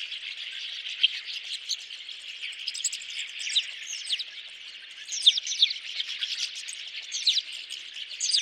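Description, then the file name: Rosy starling chattering song, a continuous scratchy warble with repeated sharp squeaks and short slurs, peaking around five seconds in. "jalak mawar"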